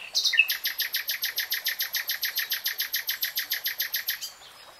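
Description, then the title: Nightingale song: a few introductory notes followed by a long, even series of loud, rapidly repeated notes, stopping abruptly. Nightingale singing, recorded in real time. "[Tiếng chim hót] Nightingale Singing"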